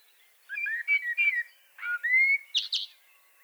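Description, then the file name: Common blackbird singing flowing whistled phrases, ending in two high squeaky notes. "Turdus merula"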